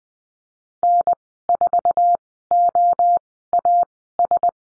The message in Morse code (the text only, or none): N4OAS